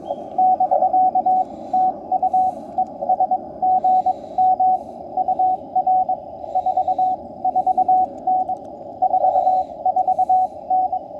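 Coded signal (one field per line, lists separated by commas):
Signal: Morse code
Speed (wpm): 22 wpm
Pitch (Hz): 740 Hz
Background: radio noise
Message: <BK> TU ES GM UR 44N 44N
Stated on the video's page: Call signs sent for CW practice with a QMX QRP radio on an end-fed half-wave antenna.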